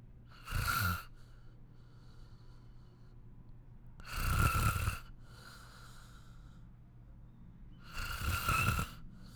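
Snoring in an adult sleeper: three loud, rhythmic snores about every four seconds, each a harsh, buzzing burst lasting under a second with a low-pitched rumble, separated by quiet breathing.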